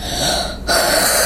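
A brief noisy intake dips into near quiet, then a sudden loud burst of hissing air follows: a single sneeze from a sick young boy. The explosive burst gives the sneeze a congested, sick quality.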